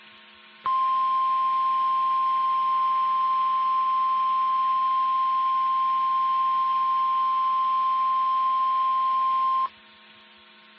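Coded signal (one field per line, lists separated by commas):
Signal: Emergency Alert System (SAME) tones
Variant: 1050 Hz attention tone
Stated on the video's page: Fictional EAS scenario.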